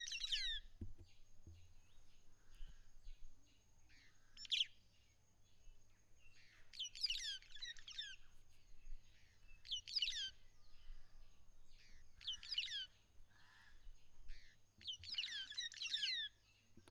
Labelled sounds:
White-headed Buffalo-Weaver (Dinemellia dinemelli)
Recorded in northern Uganda

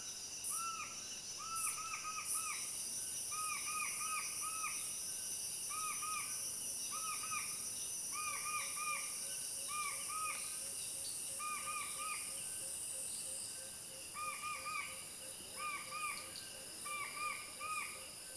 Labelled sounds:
Western Nicator (Nicator chloris)
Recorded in Kibale, Uganda

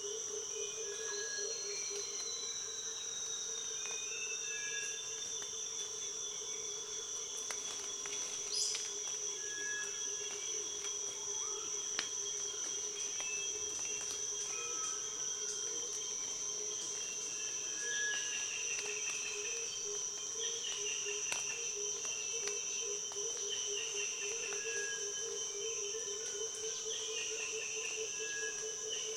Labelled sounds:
Speckled Tinkerbird (Pogoniulus scolopaceus)
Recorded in Kibale, Uganda

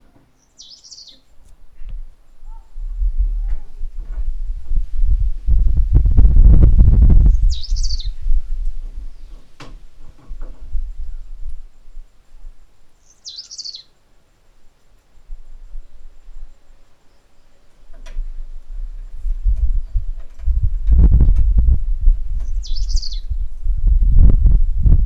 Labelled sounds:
Cinnamon-breasted Bunting (Emberiza tahapisi)
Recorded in northern Uganda

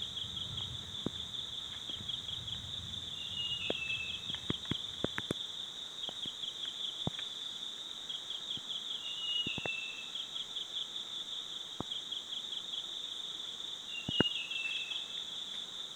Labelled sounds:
Gray Tit-flycatcher (Fraseria plumbea)
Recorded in Kibale, Uganda

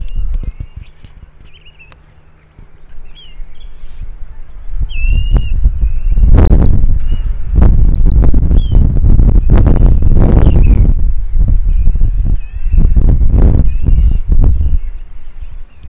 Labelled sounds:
Blue-naped Mousebird (Urocolius macrourus)
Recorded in northern Uganda

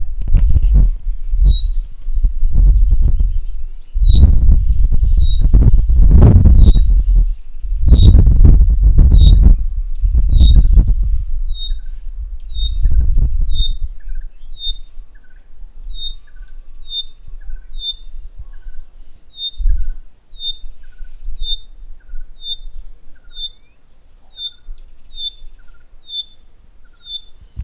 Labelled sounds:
Pygmy Batis (Batis perkeo)
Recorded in northern Uganda

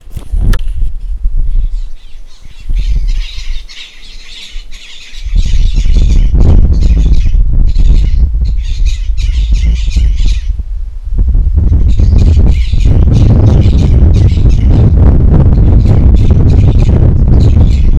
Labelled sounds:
Black-lored Babbler (Turdoides sharpei)
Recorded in northern Uganda

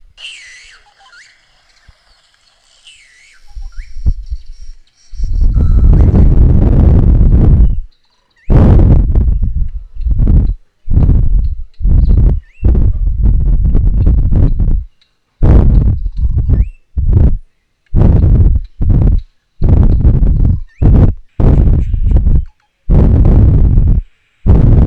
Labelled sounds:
Slate-colored Boubou (Laniarius funebris)
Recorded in northern Uganda

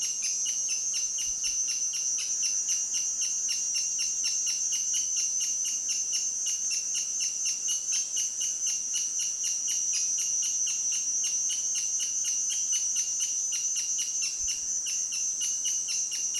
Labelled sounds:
Crowned Hornbill (Lophoceros alboterminatus)
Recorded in Kibale, Uganda

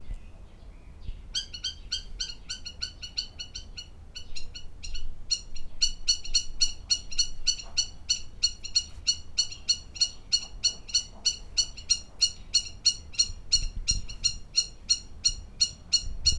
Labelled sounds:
Spur-winged Plover (Vanellus spinosus)
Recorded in Lake Mburo, Uganda

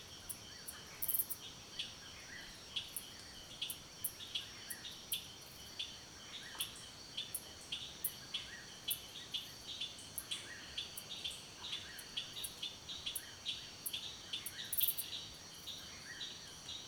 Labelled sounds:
Slender-billed Greenbul (Stelgidillas gracilirostris)
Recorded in Kibale, Uganda

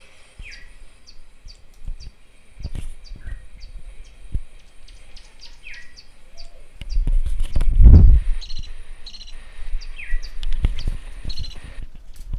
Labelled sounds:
Malachite Kingfisher (Corythornis cristatus)
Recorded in northern Uganda

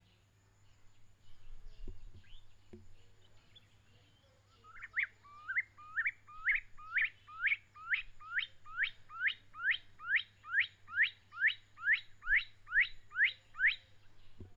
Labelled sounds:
Stone Partridge (Ptilopachus petrosus)
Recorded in northern Uganda

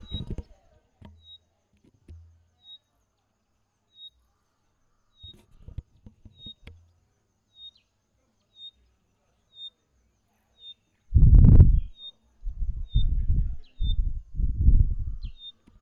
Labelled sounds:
Pygmy Batis (Batis perkeo)
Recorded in northern Uganda

